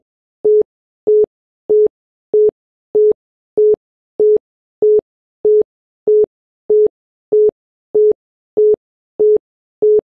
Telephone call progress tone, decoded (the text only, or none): busy tone